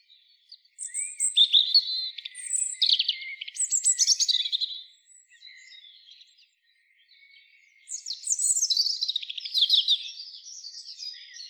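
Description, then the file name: European robin singing two long phrases of sweet, high, warbled notes and trills, with a brief lull between them. "Erithacus rubecula"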